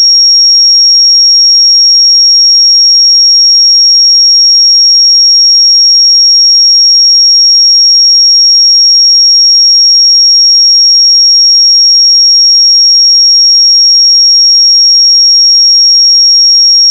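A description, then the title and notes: A pure sine tone at 5581 Hz plays for the whole clip, a single high, thin whistle. It holds perfectly steady in pitch and loudness from start to finish, with no breaks and no other sounds around it. 5581 Hz 1 Hz Interval Sine Pure Tone Frequency 441000 Sample Mono.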